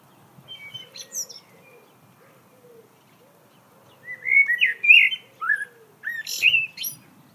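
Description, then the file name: Common blackbird song: after about four seconds of faint low notes, a loud fluted warbling phrase, ending in thin high twittering flourishes. "Turdus merula"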